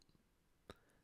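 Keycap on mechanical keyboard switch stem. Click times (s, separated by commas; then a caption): 0.7 s. An S keycap is pulled off its switch stem on a mechanical keyboard with a keycap puller. After a short faint tick near the start, a single sharp pop sounds at 0.7 s as the keycap comes out easily, needing little pressure.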